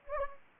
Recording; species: mosquito wingbeat signal from an infrared sensor; Anopheles gambiae